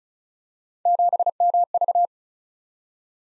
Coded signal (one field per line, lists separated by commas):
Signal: Morse code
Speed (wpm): 36 wpm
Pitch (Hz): 700 Hz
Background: none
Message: 7MV